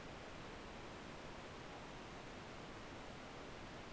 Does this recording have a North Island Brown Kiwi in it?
no